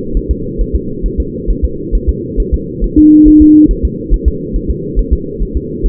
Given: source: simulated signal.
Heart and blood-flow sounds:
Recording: fetal heart sounds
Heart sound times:
0.17 s: S1
0.31 s: S2
0.61 s: S1
0.75 s: S2
1.06 s: S1
1.20 s: S2
1.50 s: S1
1.65 s: S2
1.95 s: S1
2.09 s: S2
2.40 s: S1
2.54 s: S2
2.84 s: S1
2.98 s: S2
3.28 s: S1
3.42 s: S2
3.71 s: S1
3.85 s: S2
4.14 s: S1
4.28 s: S2
4.56 s: S1
4.70 s: S2
4.99 s: S1
5.13 s: S2
5.42 s: S1
5.57 s: S2
5.86 s: S1
From the record:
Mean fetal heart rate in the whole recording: 135 bpm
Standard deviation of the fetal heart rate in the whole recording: 3 bpm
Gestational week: 36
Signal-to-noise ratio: -6.6 dB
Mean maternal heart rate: 72 bpm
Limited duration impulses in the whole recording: present

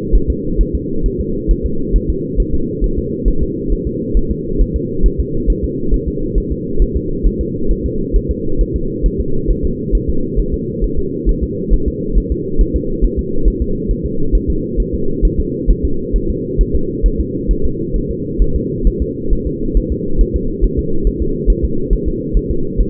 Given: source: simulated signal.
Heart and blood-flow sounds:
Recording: fetal heart sounds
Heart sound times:
0.16 s: S1
0.30 s: S2
0.61 s: S1
0.75 s: S2
1.06 s: S1
1.21 s: S2
1.51 s: S1
1.66 s: S2
1.96 s: S1
2.10 s: S2
2.40 s: S1
2.55 s: S2
2.84 s: S1
2.99 s: S2
3.28 s: S1
3.43 s: S2
3.72 s: S1
3.87 s: S2
4.17 s: S1
4.31 s: S2
4.62 s: S1
4.76 s: S2
5.06 s: S1
5.20 s: S2
5.50 s: S1
5.64 s: S2
5.94 s: S1
6.08 s: S2
6.38 s: S1
6.52 s: S2
6.82 s: S1
6.97 s: S2
7.27 s: S1
7.41 s: S2
7.71 s: S1
7.86 s: S2
8.16 s: S1
8.31 s: S2
8.61 s: S1
8.76 s: S2
9.06 s: S1
9.21 s: S2
9.51 s: S1
9.65 s: S2
9.95 s: S1
10.09 s: S2
10.40 s: S1
10.54 s: S2
10.84 s: S1
10.99 s: S2
11.29 s: S1
11.44 s: S2
11.74 s: S1
11.88 s: S2
12.18 s: S1
12.32 s: S2
12.61 s: S1
12.76 s: S2
13.05 s: S1
13.19 s: S2
13.48 s: S1
13.62 s: S2
13.91 s: S1
14.06 s: S2
14.35 s: S1
14.50 s: S2
14.80 s: S1
14.94 s: S2
15.25 s: S1
15.40 s: S2
15.71 s: S1
15.85 s: S2
16.16 s: S1
16.30 s: S2
16.61 s: S1
16.75 s: S2
17.06 s: S1
17.20 s: S2
17.51 s: S1
17.65 s: S2
17.96 s: S1
18.11 s: S2
18.42 s: S1
18.56 s: S2
18.87 s: S1
19.02 s: S2
19.33 s: S1
19.47 s: S2
19.77 s: S1
19.92 s: S2
20.21 s: S1
20.36 s: S2
20.64 s: S1
20.79 s: S2
21.07 s: S1
21.22 s: S2
21.50 s: S1
21.65 s: S2
21.93 s: S1
22.08 s: S2
22.37 s: S1
22.51 s: S2
22.81 s: S1
From the record:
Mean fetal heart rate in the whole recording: 135 bpm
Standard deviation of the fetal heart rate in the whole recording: 3 bpm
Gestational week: 36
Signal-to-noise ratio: -8.1 dB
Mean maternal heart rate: 72 bpm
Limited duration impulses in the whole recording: absent

